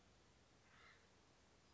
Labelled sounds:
Acorn Woodpecker (Melanerpes formicivorus)
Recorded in Sonoma County, California

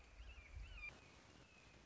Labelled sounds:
Red-shouldered Hawk (Buteo lineatus)
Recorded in Sonoma County, California

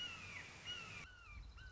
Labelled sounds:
Red-shouldered Hawk (Buteo lineatus)
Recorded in Sonoma County, California

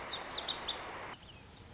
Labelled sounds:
Lazuli Bunting (Passerina amoena)
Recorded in Sonoma County, California

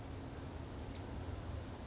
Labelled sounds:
California Towhee (Melozone crissalis)
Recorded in Sonoma County, California

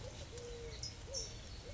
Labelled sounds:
Eurasian Collared Dove (Streptopelia decaocto)
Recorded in Sonoma County, California

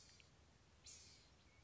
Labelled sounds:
Blue-gray Gnatcatcher (Polioptila caerulea)
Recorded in Sonoma County, California

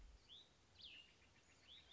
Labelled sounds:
Cassin's Vireo (Vireo cassinii)
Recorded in Sonoma County, California

